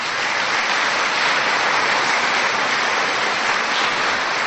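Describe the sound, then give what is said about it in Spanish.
An audience applauds steadily, a dense, even wash of many hands clapping at once that holds at a constant loudness for several seconds, with no voices rising above it. “Démosles un aplauso a ellos, hermanos.”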